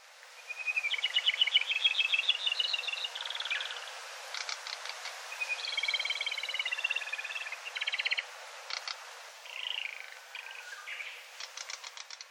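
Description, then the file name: Rufous-tailed robin song: high, rapid trilled phrases alternating with dry rattling bursts and short chirps across about twelve seconds. Nagasaki, 4 May 2021. "shimagoma nagasaki kuroda"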